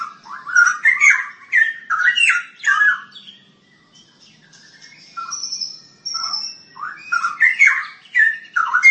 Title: Kicau Burung Pentet